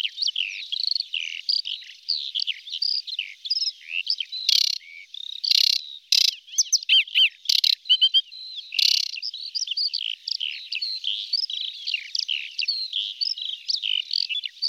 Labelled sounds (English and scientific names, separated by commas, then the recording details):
Aquatic Warbler (Acrocephalus paludicola) song
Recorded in the wild
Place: Nagyivan / Hortobagy Nationalpark, HU
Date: 1990-05-15
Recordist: Schwarz, Dieter